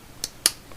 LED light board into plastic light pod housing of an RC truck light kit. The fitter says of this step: like so snaps right into place